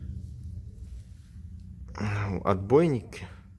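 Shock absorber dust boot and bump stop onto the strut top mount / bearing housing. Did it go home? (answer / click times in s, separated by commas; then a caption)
no / none. While replacing the front shock absorbers on a 2010-onward SsangYong New Actyon, the dust boot and bump stop of the front shock absorber are handled against the strut top mount and bearing housing over a low steady hum, and someone talks from about 2.0 to 3.2 s. Nothing has seated or clicked yet.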